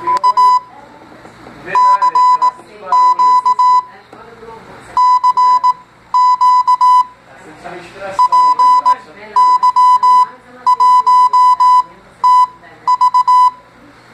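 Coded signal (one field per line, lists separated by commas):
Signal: Morse code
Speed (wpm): 18 wpm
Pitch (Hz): 1000 Hz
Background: speech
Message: U CQ CQ PY1TV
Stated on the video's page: Morse code used as a mobile phone ringtone.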